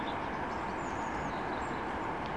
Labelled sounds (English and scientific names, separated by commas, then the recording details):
Eurasian Blue Tit (Cyanistes caeruleus)
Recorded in Germany
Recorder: ecoPi